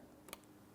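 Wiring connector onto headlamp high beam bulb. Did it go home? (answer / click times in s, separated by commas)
yes / 0.3 s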